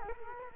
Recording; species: mosquito wingbeat signal from an infrared sensor; Culex quinquefasciatus